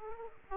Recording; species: mosquito wingbeat signal from an infrared sensor; Aedes aegypti